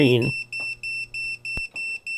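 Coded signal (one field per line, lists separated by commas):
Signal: none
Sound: EMF meter alert beeps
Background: speech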